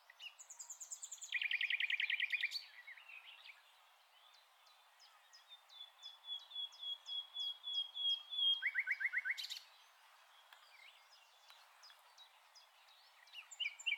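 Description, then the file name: Common nightingale song: a rapid rattling trill, then a long series of soft, spaced clicks and a drawn-out whistle, then another quick trill. "Luscinia megarhynchos"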